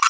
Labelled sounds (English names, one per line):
Green-rumped Parrotlet babbling